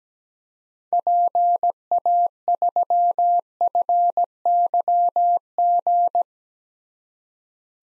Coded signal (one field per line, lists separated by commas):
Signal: Morse code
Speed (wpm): 17 wpm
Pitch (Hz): 700 Hz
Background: none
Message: PA3FYG